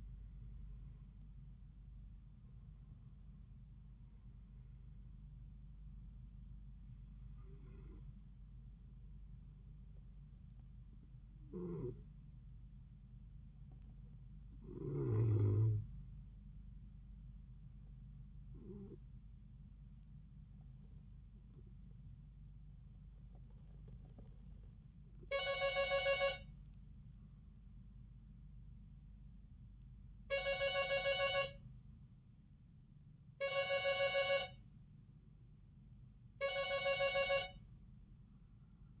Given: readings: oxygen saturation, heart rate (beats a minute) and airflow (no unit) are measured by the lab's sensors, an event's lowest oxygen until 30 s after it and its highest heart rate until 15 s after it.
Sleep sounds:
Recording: breathing in sleep by a smartphone at the bedside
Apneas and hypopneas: 1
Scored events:
9.00-28.10 s: hypopnea (N1, oxygen 95% highest, then 90% lowest)
10.00-39.00 s: new sleep stage, N2 (light sleep)
From the record:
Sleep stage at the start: N1 (lightest sleep)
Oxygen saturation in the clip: 90 to 95%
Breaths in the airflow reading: 7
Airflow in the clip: -6.5 to 7.6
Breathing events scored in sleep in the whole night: 270 in 6.1 hours asleep

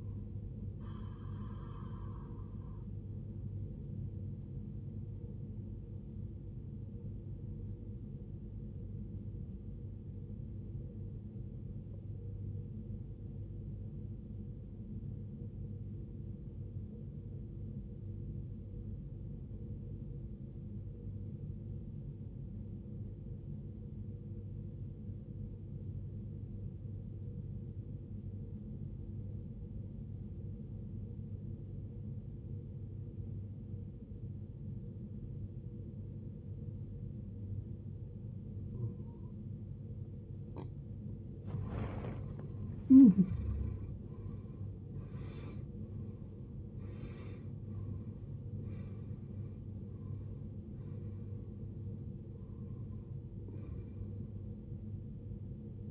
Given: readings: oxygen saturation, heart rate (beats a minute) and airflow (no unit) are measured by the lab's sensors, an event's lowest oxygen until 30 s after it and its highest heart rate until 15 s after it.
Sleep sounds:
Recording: breathing in sleep by a smartphone at the bedside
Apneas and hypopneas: 1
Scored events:
9.00-40.60 s: obstructive apnea (N1, oxygen 95% highest, then 80% lowest, heart rate 52 at the start, 74 highest)
18.00-48.00 s: new sleep stage, N2 (light sleep)
48.00-55.91 s: new sleep stage, N1 (lightest sleep)
From the record:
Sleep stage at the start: N1 (lightest sleep)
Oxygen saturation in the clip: 81 to 95%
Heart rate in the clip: 51 to 74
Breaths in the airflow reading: 7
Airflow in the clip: -20.1 to 16.2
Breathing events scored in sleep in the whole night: 389 in 6.3 hours asleep

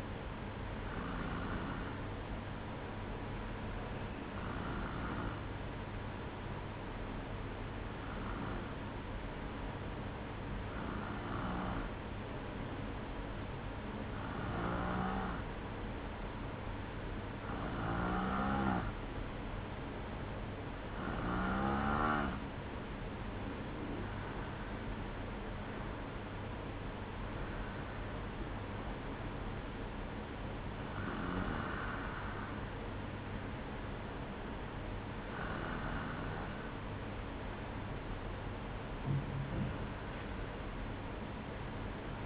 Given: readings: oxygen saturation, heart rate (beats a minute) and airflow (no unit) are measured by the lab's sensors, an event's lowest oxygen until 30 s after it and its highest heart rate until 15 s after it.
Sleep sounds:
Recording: breathing in sleep by a voice recorder at the bedside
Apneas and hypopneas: none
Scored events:
none scored
From the record:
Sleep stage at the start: N2 (light sleep)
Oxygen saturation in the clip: 92 to 93%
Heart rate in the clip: 58 to 61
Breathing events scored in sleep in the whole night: 305 in 9.6 hours asleep

